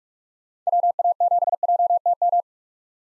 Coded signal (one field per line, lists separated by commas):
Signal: Morse code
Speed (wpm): 42 wpm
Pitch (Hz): 700 Hz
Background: none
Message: WA7JTM